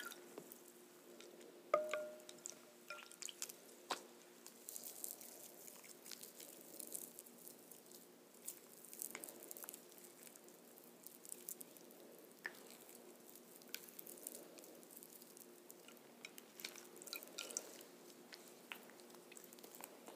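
Soapy suds crackle and pop in a dense, steady fizz of tiny bright bursts, with a faint low hum and a brief squeak near two seconds.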